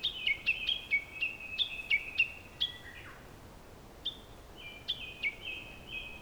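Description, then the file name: Common nightingale song: rapid run of repeated high notes, a downward slurred note, a short gap, then a few further notes. "nightingale 2019 dec robert knoth und antoinette de jong"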